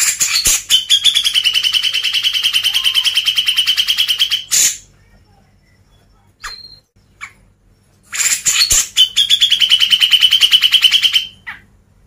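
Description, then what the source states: Grey-cheeked bulbul song: long rapid buzzy trills on one high note, each opened by a harsh burst, with a few thin single notes in the pause between. Masteran, a training recording played to caged birds.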